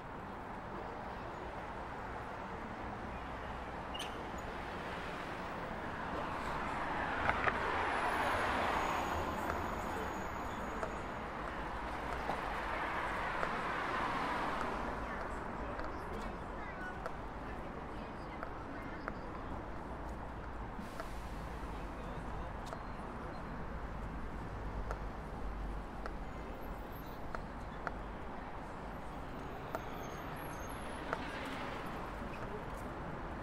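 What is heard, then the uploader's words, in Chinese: City sounds: a steady, dense roar of traffic with a low rumble underneath. Vehicles swell past around eight and fourteen seconds, rising and fading. Faint voices and scattered small clicks and taps sit in the background throughout. 坐在300快外晒太阳｜城市声音。很喜欢300快外公交，坐在二层的第一排，被太阳从头到脚晒着，很浪漫。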